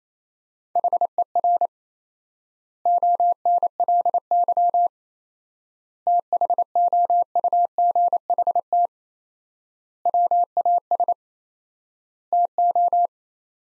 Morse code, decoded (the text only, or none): HER ONLY THOUGHT WAS TO